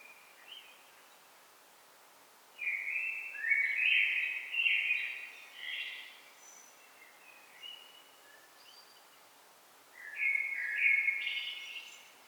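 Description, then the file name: Common blackbird song, a little softer: a long fluty warble breaking into twittery notes, a few faint snippets, then a final rising phrase. "Turdus merula"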